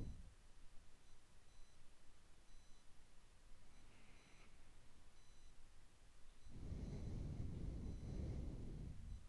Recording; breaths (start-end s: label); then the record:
nose breathing near a microphone
0.00-0.37 s: exhalation
3.55-6.61 s: inhalation
6.61-9.29 s: exhalation
From the record:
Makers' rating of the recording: medium